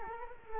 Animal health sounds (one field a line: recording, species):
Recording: mosquito wingbeat signal from an infrared sensor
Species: Culex quinquefasciatus